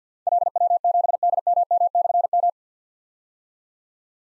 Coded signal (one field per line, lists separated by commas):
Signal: Morse code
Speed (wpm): 53 wpm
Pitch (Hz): 700 Hz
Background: none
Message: LW7DMM/M